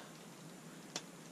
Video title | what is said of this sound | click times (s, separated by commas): Voltron Unboxing | we go okay so I got both of them to snap into place but | 1.0 s